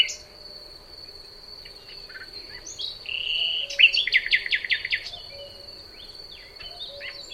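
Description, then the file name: Common nightingale song with a quick rattling series of rich repeated notes in the middle, then softer scattered chirps, against a constant high-pitched insect buzz. "Luscinia megarhynchos"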